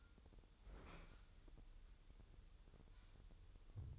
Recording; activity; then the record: daily activity, microphone in the room; open fridge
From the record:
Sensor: 3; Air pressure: 988.4 hPa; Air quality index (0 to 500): 194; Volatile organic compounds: 296 ppm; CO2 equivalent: 4473 ppm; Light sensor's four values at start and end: 25/79/33/28 and 25/79/33/28